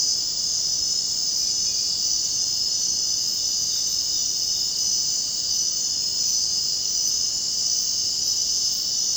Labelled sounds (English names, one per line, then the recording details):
none
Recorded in dense forest near Puerto Asís, Putumayo, Colombia, on 24 June 2025 at 01:30
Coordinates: 0.499, -76.324
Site G100